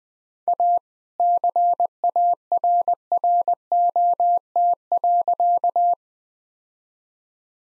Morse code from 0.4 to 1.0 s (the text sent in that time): A